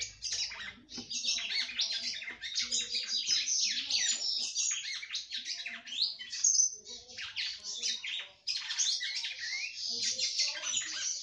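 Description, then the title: Long, unbroken red-cowled cardinal song of tumbling, high warbled and chattering notes, with one short break near the end. "Galo De Campina"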